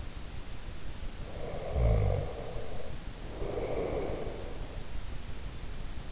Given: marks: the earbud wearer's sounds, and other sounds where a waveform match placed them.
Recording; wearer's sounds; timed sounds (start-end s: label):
sounds in sleep by an in-ear microphone; snoring breath
1.21-4.70 s: snoring breath